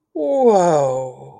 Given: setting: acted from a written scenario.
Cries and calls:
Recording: vocal sound without words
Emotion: awe

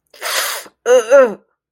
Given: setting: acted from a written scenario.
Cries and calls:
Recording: vocal sound without words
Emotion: pain

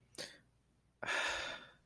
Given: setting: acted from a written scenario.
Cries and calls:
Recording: vocal sound without words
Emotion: serenity

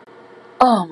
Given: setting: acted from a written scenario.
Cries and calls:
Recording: vocal sound without words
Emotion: disgust

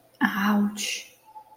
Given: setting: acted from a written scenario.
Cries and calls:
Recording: vocal sound without words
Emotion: pain

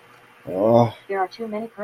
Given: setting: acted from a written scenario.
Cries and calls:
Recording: vocal sound without words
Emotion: disappointment

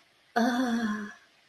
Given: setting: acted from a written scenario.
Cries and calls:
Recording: vocal sound without words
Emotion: ecstasy

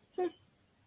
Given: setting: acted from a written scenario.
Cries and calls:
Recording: vocal sound without words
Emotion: neutral

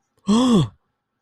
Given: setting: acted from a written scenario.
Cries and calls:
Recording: vocal sound without words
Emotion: negative surprise

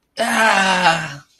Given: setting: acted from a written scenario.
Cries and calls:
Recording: vocal sound without words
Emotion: triumph

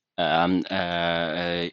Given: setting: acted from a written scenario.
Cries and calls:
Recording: vocal sound without words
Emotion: embarrassment

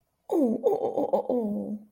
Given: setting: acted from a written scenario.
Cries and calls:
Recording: vocal sound without words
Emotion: adoration

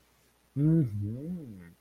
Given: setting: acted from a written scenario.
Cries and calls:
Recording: vocal sound without words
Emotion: interest

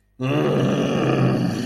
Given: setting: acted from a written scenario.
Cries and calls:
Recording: vocal sound without words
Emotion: anger

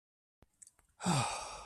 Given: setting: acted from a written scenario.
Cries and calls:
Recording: vocal sound without words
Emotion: contentment

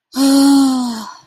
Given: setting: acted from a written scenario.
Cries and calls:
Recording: vocal sound without words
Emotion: distress

